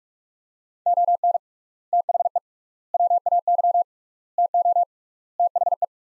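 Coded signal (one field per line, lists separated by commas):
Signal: Morse code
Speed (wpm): 46 wpm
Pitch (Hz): 700 Hz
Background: none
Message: ON THE WAY TO THE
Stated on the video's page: Morse practice of sets of five words at 45 wpm with 3x word spacing, a Farnsworth-like method for head-copying drills.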